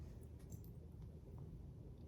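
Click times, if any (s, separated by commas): none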